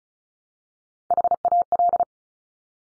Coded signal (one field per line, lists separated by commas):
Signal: Morse code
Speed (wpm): 36 wpm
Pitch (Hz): 700 Hz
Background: none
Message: HAL